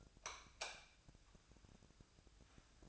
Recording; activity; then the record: daily activity, microphone in the room; light off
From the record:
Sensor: 2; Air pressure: 999.9 hPa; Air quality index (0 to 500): 118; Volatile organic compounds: 2 ppm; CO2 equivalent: 1016 ppm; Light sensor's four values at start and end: 37/97/41/45 and 32/81/35/39